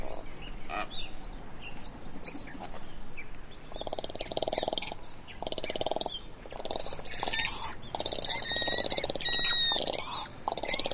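Swallow twittering: quick high chirps and warbled notes mixed with buzzy, grating rattles in bursts, with short pauses between phrases and steady low background rumble.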